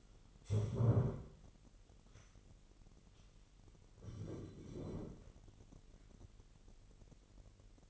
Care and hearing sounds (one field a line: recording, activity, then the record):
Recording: daily activity, microphone in the room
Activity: stand up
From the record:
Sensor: 4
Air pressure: 999.4 hPa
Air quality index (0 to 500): 108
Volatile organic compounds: 2 ppm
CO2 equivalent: 1062 ppm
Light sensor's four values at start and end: 11/26/10/11 and 11/26/10/11